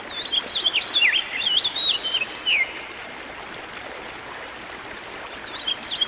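Songbird song: a quick jumble of warbled, rising and falling whistles for about two and a half seconds, then a pause of hiss before another brief phrase begins.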